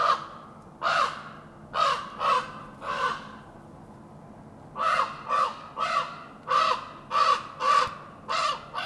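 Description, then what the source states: Common raven giving harsh, croaking caws in two bursts: five calls, a pause of about one and a half seconds, then a series of about eight caws. A single raven cawing.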